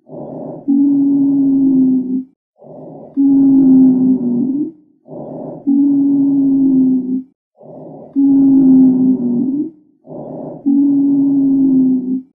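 Five breath cycles in a child at about 24 breaths a minute, heard by stethoscope. Each short, soft inhalation is followed by a longer exhalation carrying a steady, low musical whistle. This is expiratory wheezing, which signals narrowed lower airways.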